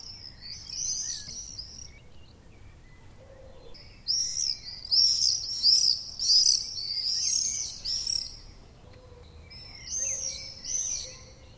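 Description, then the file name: Common swift screams come in groups: an opening burst, a quiet spell, then a dense run of shrill buzzy screeches and a final short flurry. Common swift calls, recorded 6 June 2014. "Mauerseglerrufe MS 06-06-2014"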